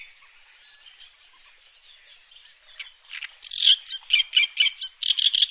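Bird calls begin with faint thin whistles, then build into a fast run of loud, scratchy chattering notes.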